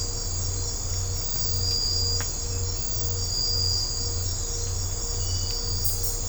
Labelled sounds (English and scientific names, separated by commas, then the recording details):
none
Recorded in secondary vegetation near Puerto Asís, Putumayo, Colombia, on 20 December 2024 at 02:00
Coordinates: 0.502, -76.326
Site G028